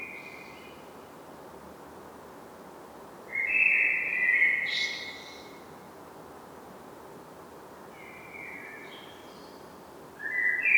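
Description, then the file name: Common blackbird giving short mellow warbled phrases with a squeaky high tail, separated by long quiet pauses, the last phrase starting at the very end. "Turdus merula"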